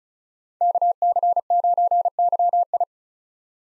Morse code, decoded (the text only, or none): KC9YI